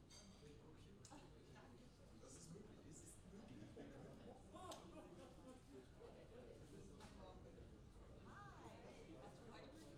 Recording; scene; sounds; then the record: everyday scene through a hearing-aid microphone; many people talking; many voices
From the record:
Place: university cafeteria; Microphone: in the ear canal, left